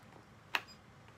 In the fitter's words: You're gonna hear it click, you're gonna hear it beep. That's how you know it's in correctly.